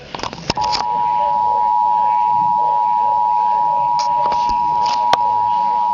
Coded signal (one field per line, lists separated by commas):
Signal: Emergency Alert System (SAME) tones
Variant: 853 and 960 Hz attention tone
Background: speech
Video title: EAS Alert #39 - Severe Thunderstorm Warning #8 5/30/13